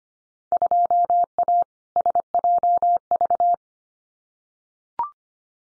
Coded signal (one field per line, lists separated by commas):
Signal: Morse code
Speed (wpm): 25 wpm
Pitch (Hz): 700 Hz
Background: none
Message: 2A SJV